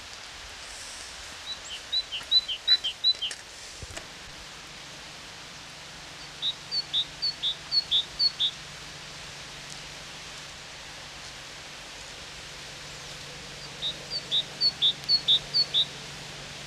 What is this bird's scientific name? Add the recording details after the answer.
Parus major. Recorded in the wild. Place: Oberstdorf, Bayern, DE. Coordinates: 47.4483, 10.2961. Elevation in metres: 857. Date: 1978-03-18. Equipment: Uher 4000 Report. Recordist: Tretzel, Erwin